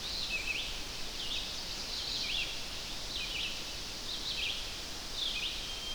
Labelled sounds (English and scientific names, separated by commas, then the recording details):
Red-eyed Vireo (Vireo olivaceus) song
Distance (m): 30 m
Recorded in boreal forest in Alberta, Canada, on 12 June 2016 at 05:09
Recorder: SongMeter 3, array SBT-3-18
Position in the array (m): 249 m, 108 m